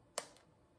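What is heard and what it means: A plastic lid on a small diamond-painting drill storage container is snapped shut, giving a sharp, bright snap at 0.2 s. A faint secondary tick follows at about 0.4 s, then quiet. The lid seats securely.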